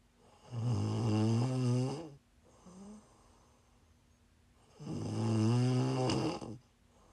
ASMR snoring.